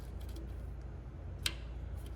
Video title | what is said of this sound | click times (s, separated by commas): MBRP RACE EXHAUST INSTALL on a Dodge Challenger - HOW TO! | make sure they snap into place | 1.5 s